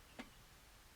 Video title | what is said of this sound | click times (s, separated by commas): level 2 Grip, by Eric Catalano and Chris Chase | and then relax and let the blade drop in. Can you hear it click? | 0.2 s